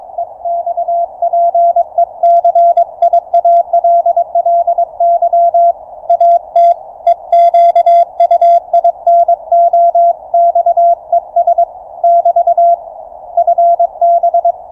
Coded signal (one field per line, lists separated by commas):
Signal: Morse code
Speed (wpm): 22 wpm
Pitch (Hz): 690 Hz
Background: none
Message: EXPECIALLY AT EQUINOXES <BT> FB